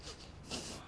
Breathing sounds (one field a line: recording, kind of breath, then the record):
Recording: one breath in and out by a microphone near the nose and mouth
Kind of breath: strong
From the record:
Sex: male